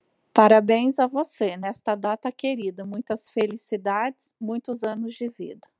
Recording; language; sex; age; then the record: short text; Brazilian Portuguese; female; 30 to 39 years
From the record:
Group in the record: control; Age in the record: 35 years